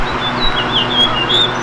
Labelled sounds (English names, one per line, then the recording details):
House Finch song
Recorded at Glen Cove on Long Island, New York, on 14 June 2013
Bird B